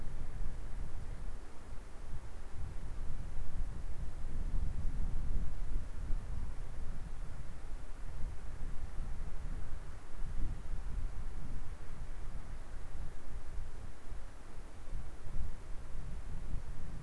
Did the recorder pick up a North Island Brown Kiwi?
no